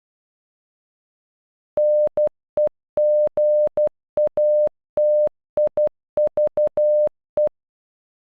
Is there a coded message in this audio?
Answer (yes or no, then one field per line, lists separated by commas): yes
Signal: Morse code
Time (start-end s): 1.8-7.5 s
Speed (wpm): 12 wpm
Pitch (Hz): 600 Hz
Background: none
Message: NEGATIVE